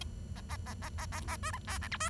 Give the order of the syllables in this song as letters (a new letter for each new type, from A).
A A A A A A A B C D E F B